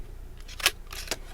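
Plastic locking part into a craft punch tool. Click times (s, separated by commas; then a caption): 0.7 s. A plastic locking part is fitted into a We R Memory Keepers craft punch board tool, making a sharp click at 0.7 s as it locks into place. Fainter handling ticks come before and after, with a second click at 1.1 s.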